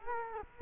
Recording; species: mosquito wingbeat signal from an infrared sensor; Culex quinquefasciatus